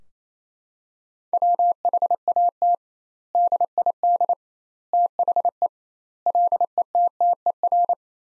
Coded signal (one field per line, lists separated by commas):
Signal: Morse code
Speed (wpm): 28 wpm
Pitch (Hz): 700 Hz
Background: none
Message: WHAT DID THE LETTER